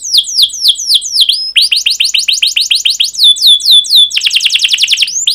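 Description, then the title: Canary song of quick repeated down-slurred whistles shifting into fast trills, changing phrase type every second or so, ending in a dense rapid roll. Fast, dense chirping canary song used as a lure to teach young canaries to sing. "Kenari Gacor Speed RAPAT Cuit Cuit Ngero L Suara Bagus Untuk Pancingan Kenari Paud Belajar Bunyi"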